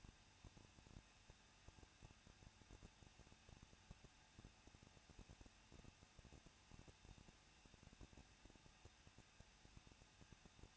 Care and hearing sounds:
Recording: daily activity, microphone in the room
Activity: no activity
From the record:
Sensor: 2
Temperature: 21.0 degrees Celsius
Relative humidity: 37.4%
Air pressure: 1006.2 hPa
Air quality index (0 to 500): 221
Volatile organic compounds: 24 ppm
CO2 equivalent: 2803 ppm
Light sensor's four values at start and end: 2/3/2/2 and 2/3/2/2

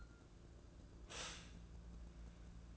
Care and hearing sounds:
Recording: daily activity, microphone in the room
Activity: stop toaster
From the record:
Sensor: 2

